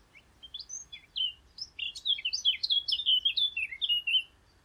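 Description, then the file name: Eurasian blackcap song, a hurried sequence of high, twittering warbled notes rising and falling quickly, growing louder through the phrase before ending abruptly. "Sylvia atricapilla"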